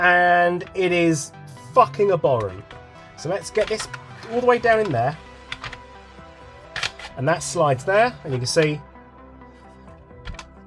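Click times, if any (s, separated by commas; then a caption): 10.3 s, 10.4 s. The barrel assembly of an Umarex Heckler & Koch MG4 airsoft light machine gun is slid all the way down into the receiver while someone talks over background music. Sharp metallic clicks sound at 10.3 and 10.4 seconds as the barrel assembly clicks into place and seats.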